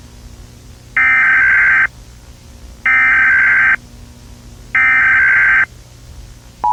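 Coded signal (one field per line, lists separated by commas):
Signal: Emergency Alert System (SAME) tones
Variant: header bursts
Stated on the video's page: Fictional EAS scenario, not a real alert.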